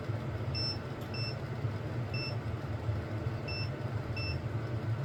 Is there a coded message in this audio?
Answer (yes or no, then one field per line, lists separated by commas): no